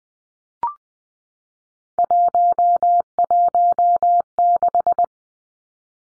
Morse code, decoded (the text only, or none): 116